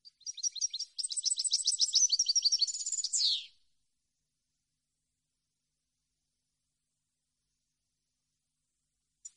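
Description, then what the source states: European goldfinch song: one rich three-second twittering phrase ending in a buzzy descending note, then long silence and the start of another phrase. Clean goldfinch song recording made for copying, meant for song training of birds.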